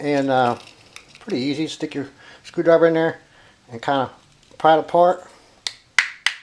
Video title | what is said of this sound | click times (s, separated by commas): How to replace the battery in our remote control units | you'll hear it pop just pop a little bit and just pull it open pretty simple there so | 6.0 s